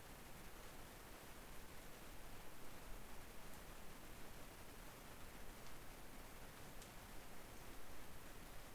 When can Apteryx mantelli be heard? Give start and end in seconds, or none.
none